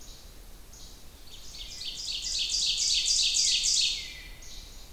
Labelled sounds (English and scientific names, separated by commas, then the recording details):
Ovenbird (Seiurus aurocapilla) song
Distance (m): 20 m
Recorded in boreal forest in Alberta, Canada, on 29 June 2016 at 07:16
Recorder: SongMeter 3, array SBT-6-79
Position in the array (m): 8 m, 102 m
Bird 40